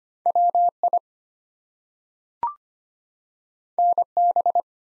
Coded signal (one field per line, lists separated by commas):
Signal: Morse code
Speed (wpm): 25 wpm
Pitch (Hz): 700 Hz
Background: none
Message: WI NB